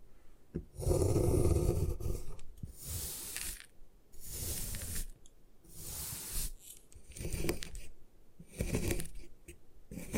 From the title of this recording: Destroy Gym Chalk